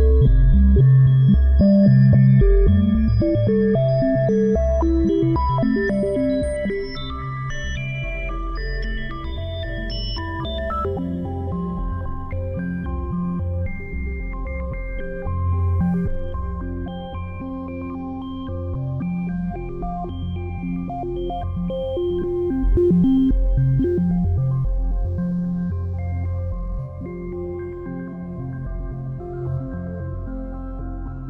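Test tones: a dense stream of steady pitched tones, many sounding at once and changing every fraction of a second. Most sit low, with thinner high tones above. The first ten seconds are busiest and loudest, then the level holds fairly even.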